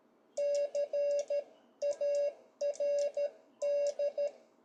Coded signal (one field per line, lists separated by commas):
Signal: Morse code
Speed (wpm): 13 wpm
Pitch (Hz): 560 Hz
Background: none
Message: CARD